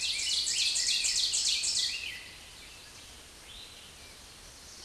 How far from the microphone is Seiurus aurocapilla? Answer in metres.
about 15 m